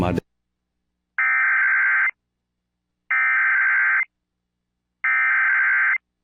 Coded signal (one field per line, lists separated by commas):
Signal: Emergency Alert System (SAME) tones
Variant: header bursts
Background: speech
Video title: SVR GALORE XIV: EXTREME NORTHERN PLAINS ACTION... EAS Alerts from 6/15-16/24 (EAS #4,331 - 4,369)